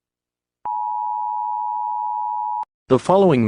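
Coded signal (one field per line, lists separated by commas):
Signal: Emergency Alert System (SAME) tones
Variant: 853 and 960 Hz attention tone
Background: speech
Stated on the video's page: Fictional EAS scenario; the SAME tones are a simulated alert, not a real broadcast.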